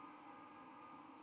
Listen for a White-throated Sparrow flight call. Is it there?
no